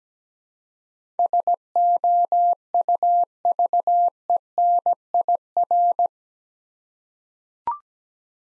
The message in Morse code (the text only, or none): SOUVENIR